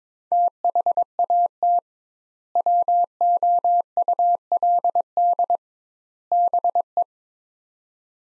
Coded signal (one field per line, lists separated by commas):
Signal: Morse code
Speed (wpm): 22 wpm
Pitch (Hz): 700 Hz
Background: none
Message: THAT WOULD BE